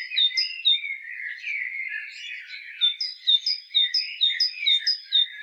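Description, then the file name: Great tit calling in a repeated two-note phrase, a high note then a lower one, about twice a second, over a steady lower chattering warble. "Parus major"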